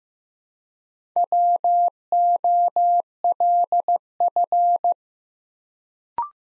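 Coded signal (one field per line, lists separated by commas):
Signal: Morse code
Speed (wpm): 15 wpm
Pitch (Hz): 700 Hz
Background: none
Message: WOLF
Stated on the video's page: Morse practice at 15 wpm building 4-letter words one letter at a time, for instant character recognition.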